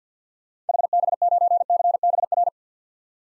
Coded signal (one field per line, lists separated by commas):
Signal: Morse code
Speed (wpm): 50 wpm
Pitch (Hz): 700 Hz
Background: none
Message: HB9CBR